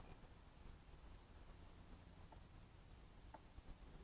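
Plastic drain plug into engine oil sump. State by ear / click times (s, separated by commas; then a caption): not seated / none. A plastic oil drain plug is turned with a screwdriver into the engine oil sump of a 2020 VW Golf R, designed to lock into place without much torque, with markings that end up horizontal. Low rustling handling noise is heard with a brief sharp tick at about 3.4 s. Nothing has seated or clicked into place yet.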